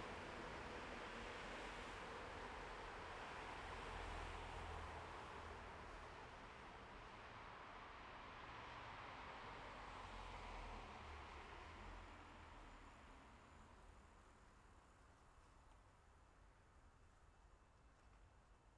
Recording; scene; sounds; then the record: everyday scene through a hearing-aid microphone; in traffic; traffic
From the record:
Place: bus stop on a city main road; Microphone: behind the ear, left, rear